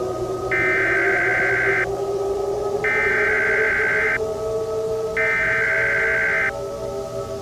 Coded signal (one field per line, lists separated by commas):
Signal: Emergency Alert System (SAME) tones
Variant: header bursts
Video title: Keon.exe 6 - EAS Scenario